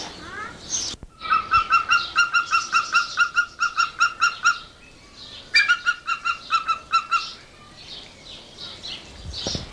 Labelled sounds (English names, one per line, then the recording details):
Verreaux's Eagle call
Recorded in captivity
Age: adult
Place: Zoo Berlin, Berlin, DE
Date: 1986-05-02 10:10
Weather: sonnig, 12°C
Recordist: Tembrock, Günter